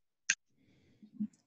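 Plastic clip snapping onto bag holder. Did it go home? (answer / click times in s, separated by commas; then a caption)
yes / 0.3 s. A heavy-duty plastic clip on a trash bag holder snaps into place with one sharp, bright click at 0.3 s. A soft, low rumble and faint thumps follow. The clip is seated.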